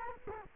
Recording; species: mosquito wingbeat signal from an infrared sensor; Culex quinquefasciatus